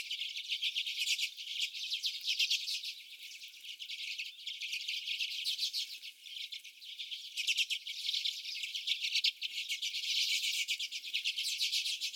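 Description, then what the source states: Common redpolls in a dense flock, continuous overlapping buzzy twitters and rapid chips that swell and fade in waves. Several common redpolls.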